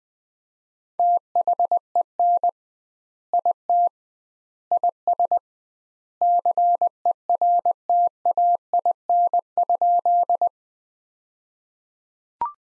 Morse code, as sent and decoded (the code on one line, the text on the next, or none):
- .... . -. / .. - / .. ... / -.-. . .-. - .- .. -. ..--..
THEN IT IS CERTAIN?